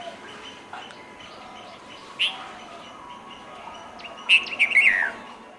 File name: Red vented Bulbul songs